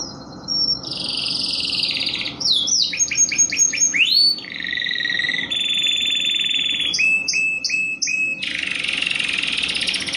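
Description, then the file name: Canary song, a varied sequence of high rolling trills, quick pulsed notes and sweeping rising phrases, each tour shifting pitch, with a faint low hum beneath. Mix of American Singer and Timbrado canary song, made for teaching song to birds. "paduan americansinger timbrado omkicau"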